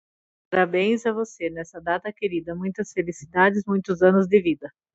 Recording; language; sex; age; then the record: short text; Brazilian Portuguese; female; 40 to 49 years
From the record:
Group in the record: control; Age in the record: 46 years